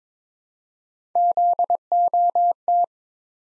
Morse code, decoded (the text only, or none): ZOT